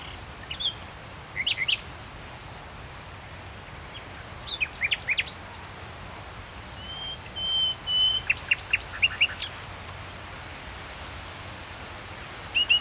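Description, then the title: Common nightingale song phrases: sharp whistled notes, a sustained pure whistle, then a rapid series of clicking chirps, with a faint steady high insect-like hiss behind. Recorded at Saint-Chamas, Provence-Alpes-Côte d'Azur, France, just before nightfall, with other birds present; line audio, MixPre-3 II recorder. "Saint-Chamas, Provence-Alpes-Côte d'Azur, France - Trill nightingale"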